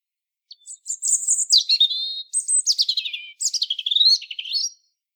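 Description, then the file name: European robin song: three quick high phrases mixing thin sweeping whistles, falling glides and rapid twittering trills, each phrase different, with short pauses between; no other sounds. "Erithacus rubecula"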